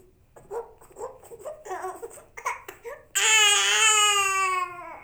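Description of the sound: About three seconds of soft, fussy whimpering and babbling syllables build into one loud, sustained high-pitched wail that slowly falls in pitch. A typical baby cry.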